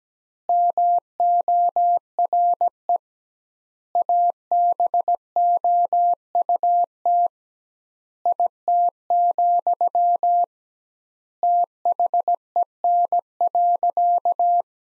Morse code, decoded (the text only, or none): MORE ABOUT IT, THEN.